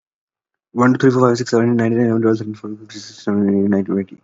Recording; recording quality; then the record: counting at a fast pace; excellent, no background noise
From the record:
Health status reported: exposed to COVID-19, no respiratory illness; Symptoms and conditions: none ticked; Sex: male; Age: 26 years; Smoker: not ticked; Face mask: not worn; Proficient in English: yes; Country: India